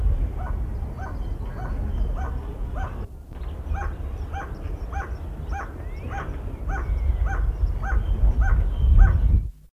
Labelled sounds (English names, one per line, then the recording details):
Crested Fireback call
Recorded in captivity
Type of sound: call
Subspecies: rufa
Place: Zoo Köln, Nordrhein-Westfalen, DE
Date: 1977-03-05
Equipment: Halbspur, 9,5 cm/s
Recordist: Lütgens, Hans
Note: Rufe